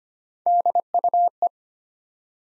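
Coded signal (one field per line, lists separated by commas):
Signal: Morse code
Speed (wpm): 25 wpm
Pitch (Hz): 700 Hz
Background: none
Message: DUE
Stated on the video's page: Morse head-copy drill of three-letter words at 25 wpm, each word sent, spoken, then sent again.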